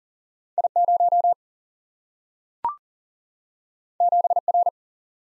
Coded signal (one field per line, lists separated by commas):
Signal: Morse code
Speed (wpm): 38 wpm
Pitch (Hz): 700 Hz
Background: none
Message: I0 7R